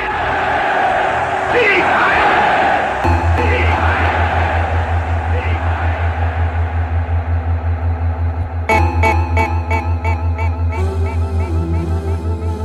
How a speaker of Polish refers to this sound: Gdy 12 marca 1938 roku Gombrowicz wyjeżdża po zmroku pociągiem z Wiednia, tłumy właśnie wychodzą na ulicę z pochodniami, flagami, by wiwatować Heil Hitler!